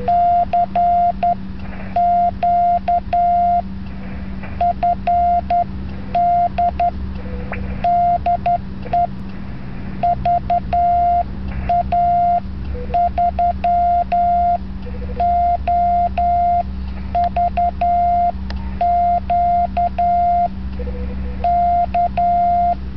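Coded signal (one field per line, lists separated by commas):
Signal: Morse code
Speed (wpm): 11 wpm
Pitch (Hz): 700 Hz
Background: none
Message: CQ FD DE VA3OVQ K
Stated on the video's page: QRP Field Day CW on 20 m, calling for slow-speed (QRS) contacts.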